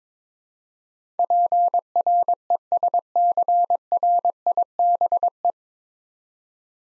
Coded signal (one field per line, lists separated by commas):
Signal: Morse code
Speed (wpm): 22 wpm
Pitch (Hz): 700 Hz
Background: none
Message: PRESCRIBE